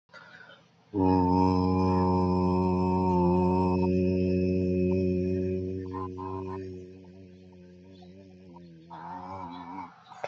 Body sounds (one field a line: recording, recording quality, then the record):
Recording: sustained vowel as in boot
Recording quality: moderate, slight background noise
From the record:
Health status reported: healthy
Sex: male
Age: 29 years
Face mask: worn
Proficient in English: yes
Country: India